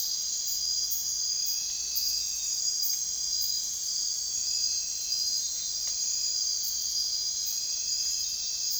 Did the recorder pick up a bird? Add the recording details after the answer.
no. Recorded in secondary vegetation near Puerto Asís, Putumayo, Colombia, on 23 June 2025 at 01:30. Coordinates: 0.498, -76.327. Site GP09